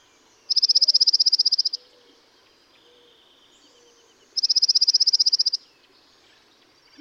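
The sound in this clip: Dark-eyed junco singing two rapid, level trills of identical quick notes, each just over a second long, separated by a pause of a few seconds.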